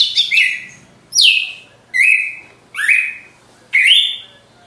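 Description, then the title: Red-cowled cardinal song: five clear whistled notes sliding downward, evenly spaced almost a second apart. Female singing after the moult; contest (disputa) song. "Canto Galo Campina Fêmea 02. GALO DE CAMPINA DEPOIS DA MUDA (disputa)"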